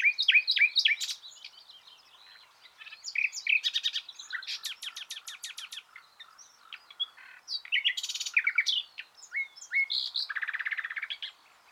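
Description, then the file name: Common nightingale song: varied phrases of rich whistles, sharp clicks and rapid rattling trills, with brief pauses between bursts. "Luscinia megarhynchos"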